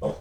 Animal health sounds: pig call; piglet (1 to 25 days)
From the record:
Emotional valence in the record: negative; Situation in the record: restrain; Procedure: in the arms of a person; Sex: male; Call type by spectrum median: low-frequency call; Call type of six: low-frequency tonal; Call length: 0.21 s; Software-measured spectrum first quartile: 226 Hz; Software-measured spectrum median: 464 Hz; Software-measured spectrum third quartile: 583 Hz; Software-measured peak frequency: 525 Hz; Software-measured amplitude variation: 157 dB a second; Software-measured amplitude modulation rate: 18.7 a second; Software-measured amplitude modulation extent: 8.4 dB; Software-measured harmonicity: 1.9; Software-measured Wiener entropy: -0.54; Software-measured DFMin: 1223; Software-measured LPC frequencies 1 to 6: 528, 2018, 3288, 4235, 5132, 5995 Hz

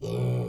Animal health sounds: pig call; weaner (32 to 43 days)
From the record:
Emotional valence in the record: negative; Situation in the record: short isolation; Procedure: open field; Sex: female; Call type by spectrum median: low-frequency call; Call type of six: low-frequency stable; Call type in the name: low-frequency stable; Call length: 0.49 s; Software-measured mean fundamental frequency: 60 Hz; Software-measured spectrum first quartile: 128 Hz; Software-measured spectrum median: 219 Hz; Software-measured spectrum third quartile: 510 Hz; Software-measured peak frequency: 417 Hz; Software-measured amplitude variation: 71 dB a second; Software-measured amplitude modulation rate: 28.7 a second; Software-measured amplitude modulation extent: 2.5 dB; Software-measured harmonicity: -1.6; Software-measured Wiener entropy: -0.67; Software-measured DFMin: 1045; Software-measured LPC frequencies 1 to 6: 433, 2360, 3051, 3613, 4612, 5253 Hz

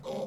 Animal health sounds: pig call; piglet (1 to 25 days)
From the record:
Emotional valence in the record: negative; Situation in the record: short isolation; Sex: male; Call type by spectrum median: low-frequency call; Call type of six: low-frequency stable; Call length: 0.27 s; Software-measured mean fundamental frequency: 219 Hz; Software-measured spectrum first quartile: 391 Hz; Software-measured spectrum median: 543 Hz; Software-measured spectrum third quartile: 847 Hz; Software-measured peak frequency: 534 Hz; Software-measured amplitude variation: 136 dB a second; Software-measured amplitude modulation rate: 18.4 a second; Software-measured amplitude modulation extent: 7.4 dB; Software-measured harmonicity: 4.9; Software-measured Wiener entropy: -0.63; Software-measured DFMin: 1228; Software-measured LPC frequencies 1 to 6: 526, 2259, 3441, 5088, 6005, 7266 Hz

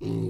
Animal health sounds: pig call; weaner (32 to 43 days)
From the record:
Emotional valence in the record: negative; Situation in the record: short isolation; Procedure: open field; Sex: female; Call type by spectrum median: low-frequency call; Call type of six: low-frequency stable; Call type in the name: low-frequency stable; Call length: 0.30 s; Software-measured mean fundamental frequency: 54 Hz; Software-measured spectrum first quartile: 141 Hz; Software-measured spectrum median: 232 Hz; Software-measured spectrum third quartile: 375 Hz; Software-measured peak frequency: 370 Hz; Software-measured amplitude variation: 117 dB a second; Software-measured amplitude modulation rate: 38.4 a second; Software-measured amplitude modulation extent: 3.1 dB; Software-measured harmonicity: -0.8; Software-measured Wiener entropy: -0.44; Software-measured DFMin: 1236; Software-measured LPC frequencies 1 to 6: 314, 2289, 2809, 3909, 4355, 5613 Hz

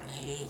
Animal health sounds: pig call; piglet (1 to 25 days)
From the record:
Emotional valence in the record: negative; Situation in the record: restrain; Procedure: sham castration, fixation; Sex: male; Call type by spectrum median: low-frequency call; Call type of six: mixed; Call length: 0.50 s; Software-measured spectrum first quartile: 317 Hz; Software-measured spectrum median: 1287 Hz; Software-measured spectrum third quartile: 5190 Hz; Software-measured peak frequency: 418 Hz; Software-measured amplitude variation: 77 dB a second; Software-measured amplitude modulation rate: 18.9 a second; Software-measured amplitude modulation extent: 4.1 dB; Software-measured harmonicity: 4.6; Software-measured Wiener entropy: -2.35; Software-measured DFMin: 1170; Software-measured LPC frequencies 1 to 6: 461, 1720, 2885, 3888, 4856, 7386 Hz

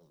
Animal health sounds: pig call; piglet (1 to 25 days)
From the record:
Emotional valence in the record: positive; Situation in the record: reunion after long isolation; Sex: female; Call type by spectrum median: low-frequency call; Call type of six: low-frequency tonal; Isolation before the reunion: 8 minutes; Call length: 0.11 s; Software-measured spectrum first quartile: 249 Hz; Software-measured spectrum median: 471 Hz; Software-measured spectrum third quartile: 1245 Hz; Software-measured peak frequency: 164 Hz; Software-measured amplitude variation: 49 dB a second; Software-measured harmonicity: 2.9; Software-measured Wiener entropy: -0.81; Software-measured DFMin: 1363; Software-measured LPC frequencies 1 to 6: 458, 3891, 5629, 8455, 10013, 11032 Hz

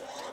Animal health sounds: pig call; piglet (1 to 25 days)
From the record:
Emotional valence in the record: negative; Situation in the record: missed nursing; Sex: male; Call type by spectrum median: low-frequency call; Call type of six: high-frequency stable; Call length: 0.33 s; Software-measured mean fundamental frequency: 191 Hz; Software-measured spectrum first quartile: 675 Hz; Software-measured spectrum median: 1214 Hz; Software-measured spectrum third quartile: 3655 Hz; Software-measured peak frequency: 560 Hz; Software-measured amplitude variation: 92 dB a second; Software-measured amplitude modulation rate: 16.8 a second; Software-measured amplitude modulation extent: 5.4 dB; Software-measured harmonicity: 0.4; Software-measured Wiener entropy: -1.70

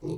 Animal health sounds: pig call; weaner (32 to 43 days)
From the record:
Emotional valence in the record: negative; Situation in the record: short isolation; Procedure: open field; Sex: female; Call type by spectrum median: low-frequency call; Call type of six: low-frequency stable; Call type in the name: low-frequency stable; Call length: 0.18 s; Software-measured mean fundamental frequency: 53 Hz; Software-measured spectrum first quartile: 167 Hz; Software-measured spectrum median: 302 Hz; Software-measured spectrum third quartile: 412 Hz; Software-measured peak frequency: 336 Hz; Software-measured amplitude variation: 131 dB a second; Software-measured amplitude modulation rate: 19.7 a second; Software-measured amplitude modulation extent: 6.6 dB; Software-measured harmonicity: 4.1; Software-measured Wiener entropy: -0.14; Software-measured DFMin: 1348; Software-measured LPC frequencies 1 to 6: 353, 2508, 3861, 4416, 5777, 7738 Hz

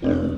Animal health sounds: pig call; growing-finishing pig (85 days or more)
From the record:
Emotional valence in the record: negative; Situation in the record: barren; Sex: male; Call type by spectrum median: low-frequency call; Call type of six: low-frequency modulated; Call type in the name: low-frequency modulated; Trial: 2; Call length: 0.38 s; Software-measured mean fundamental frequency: 51 Hz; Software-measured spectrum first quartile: 209 Hz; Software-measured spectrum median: 298 Hz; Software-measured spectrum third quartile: 479 Hz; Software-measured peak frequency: 284 Hz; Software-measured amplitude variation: 139 dB a second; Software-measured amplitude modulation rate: 27.9 a second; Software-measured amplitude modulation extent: 5.0 dB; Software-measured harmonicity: 1.1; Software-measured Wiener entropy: -0.84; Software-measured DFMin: 646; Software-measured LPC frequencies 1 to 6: 405, 1492, 2386, 3060, 4762, 5531 Hz

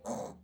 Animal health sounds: pig call; piglet (1 to 25 days)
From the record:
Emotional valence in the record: negative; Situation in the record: restrain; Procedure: back test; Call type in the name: low-frequency call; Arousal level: maximum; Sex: male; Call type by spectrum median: low-frequency call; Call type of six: low-frequency stable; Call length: 0.44 s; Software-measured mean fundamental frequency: 51 Hz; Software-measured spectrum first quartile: 430 Hz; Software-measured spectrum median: 703 Hz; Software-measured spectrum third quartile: 1887 Hz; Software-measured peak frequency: 533 Hz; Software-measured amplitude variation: 145 dB a second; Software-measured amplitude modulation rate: 18.1 a second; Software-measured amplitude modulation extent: 8.0 dB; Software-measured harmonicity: 2.6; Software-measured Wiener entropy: -2.18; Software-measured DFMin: 1938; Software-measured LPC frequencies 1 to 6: 590, 1957, 3749, 4277, 5646, 6370 Hz

